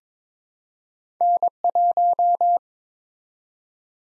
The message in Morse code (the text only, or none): N1